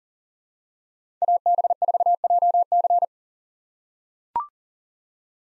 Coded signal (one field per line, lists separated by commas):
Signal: Morse code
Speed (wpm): 38 wpm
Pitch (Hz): 700 Hz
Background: none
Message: AB4JC